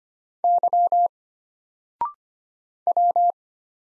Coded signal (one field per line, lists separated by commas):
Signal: Morse code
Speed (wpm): 25 wpm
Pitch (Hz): 700 Hz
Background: none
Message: Y W